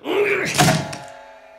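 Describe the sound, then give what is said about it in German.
A workroom door bolted from the inside is forced open: a straining groan gives way to one heavy thud, followed by a long, fading metallic creak as it swings. “Öffnen Sie sofort die Tür!”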